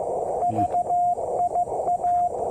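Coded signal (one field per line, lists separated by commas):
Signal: Morse code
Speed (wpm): 16 wpm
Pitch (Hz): 720 Hz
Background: none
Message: VIA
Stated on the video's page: Test of a QRPGUY V2 keyer with a 2m Twin-DL antenna.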